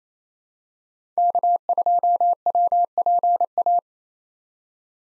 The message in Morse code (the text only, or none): K2WPA